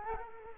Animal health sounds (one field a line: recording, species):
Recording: mosquito wingbeat signal from an infrared sensor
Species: Culex quinquefasciatus